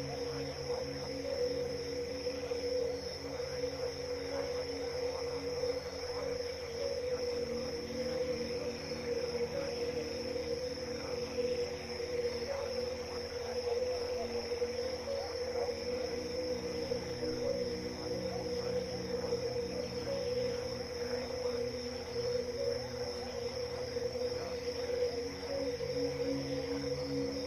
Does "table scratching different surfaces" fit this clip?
no